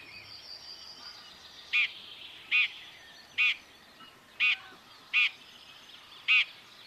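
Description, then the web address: Common chaffinch calls: six clipped, emphatic notes spaced about a second apart against soft background bird chatter. "Deverinetal 2025 File origin Bird Only Fr Co"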